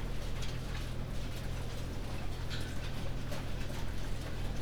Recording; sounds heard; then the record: poultry house recording; no chicken sound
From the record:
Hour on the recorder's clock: 19